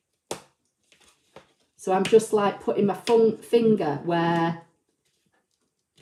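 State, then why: Released. A finger presses a cut paper piece out of a cardstock sheet, where it is held in place by small uncut tabs, and a sharp click at 0.3 s marks the piece breaking free of its tabs. Two fainter ticks follow near 0.9 and 1.4 s, then someone talks.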